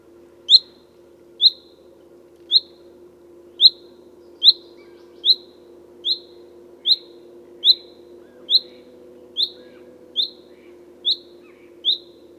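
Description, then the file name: Common chaffinch repeating a sharp, high call roughly once per second for over a dozen notes against a steady low background hum. "Fringilla coelebs"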